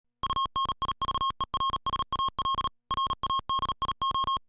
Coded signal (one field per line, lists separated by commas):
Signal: Morse code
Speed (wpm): 38 wpm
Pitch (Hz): 1080 Hz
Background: music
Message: UNIVERSAL RADIO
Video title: Universal Radio presents the Alinco DX-R8T Communications Receiver